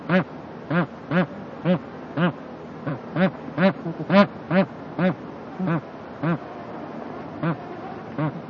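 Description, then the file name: Bar-headed goose honking calls, a run of nasal notes about twice a second, bunching closer together mid-way, then spacing out and fading. "anser indicus"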